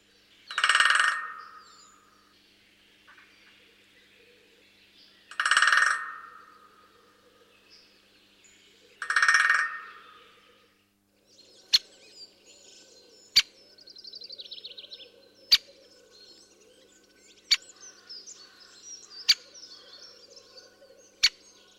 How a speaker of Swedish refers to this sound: Ja, det är ju så här att när det gäller hackspettarna så är det väl kanske sällan lätet som man kan skilja den ena hackspetten från den andra, utan det är hur de hackar på träden. Och det hörde vi ju nu hur större hackspetten låter.